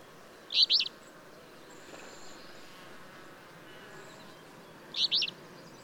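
Bird song: two loud, quick high chirped phrases about four and a half seconds apart, with a faint thin whistle between them and steady hiss.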